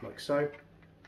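A small stick magazine is pushed up into the magazine well of an S&T KAR98K airsoft bolt-action rifle with a real wood and steel cylinder while someone talks. Faint handling sounds follow the speech, and the clip ends before the magazine goes home, so nothing has seated or clicked yet.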